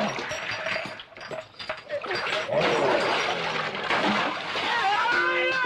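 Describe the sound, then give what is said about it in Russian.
Water splashes and sloshes in a bathtub as a man surfaces from under the water and throws foam at a tiger, a steady, churning burst that grows louder after the first couple of seconds, with a short voiced sound rising near the end. “Вынырнув, кидается в тигра пеной.”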